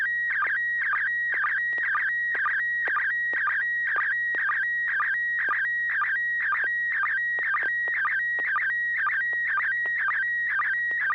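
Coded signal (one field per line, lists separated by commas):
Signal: SSTV (slow-scan television)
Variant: PD120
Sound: steady whistle-like tone warbling between mid pitches, with quick low blips twice per second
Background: FM radio, low hum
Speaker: Yes, you have tone now. Over. PD 120.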